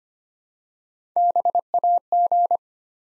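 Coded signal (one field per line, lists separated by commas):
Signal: Morse code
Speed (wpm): 25 wpm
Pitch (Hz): 700 Hz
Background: none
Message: BAG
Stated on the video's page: Morse Code Ninja practice set at 25 wpm, building 3- to 5-letter words one letter at a time.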